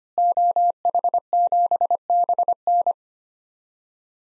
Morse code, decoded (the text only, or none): OH7BN